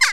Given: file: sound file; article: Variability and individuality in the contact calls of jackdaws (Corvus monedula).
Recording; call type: jackdaw call; harmonic